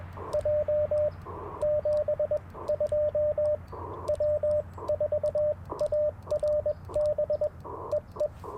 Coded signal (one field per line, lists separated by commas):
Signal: Morse code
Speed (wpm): 21 wpm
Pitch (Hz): 600 Hz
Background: radio noise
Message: J 72 W4ARB EE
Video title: Morning Morse Code - 12/12/2024